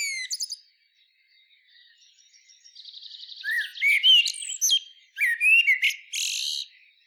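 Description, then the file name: Common blackbird song: a few short opening notes, a soft buzzy trill, then fluting warbles and sharp high squeaks. "Turdus merula"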